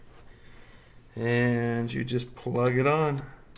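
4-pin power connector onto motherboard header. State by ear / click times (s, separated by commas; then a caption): not seated / none. A 4-pin CPU power connector is handled at the motherboard header while someone talks over a quiet background. Nothing has seated or clicked yet.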